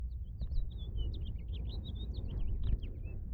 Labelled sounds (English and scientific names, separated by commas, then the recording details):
House Finch (Haemorhous mexicanus) song
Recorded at Lawrence on Long Island, New York, on 4 June 1975
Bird F